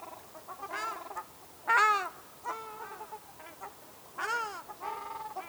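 Ruddy shelduck producing nasal honks in irregular bursts, with one sharp, loud call near two seconds and softer calls around it.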